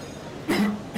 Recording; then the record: coughing mixed with background sound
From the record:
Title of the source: Man Coughing Sound - Wet Cough Sound Effect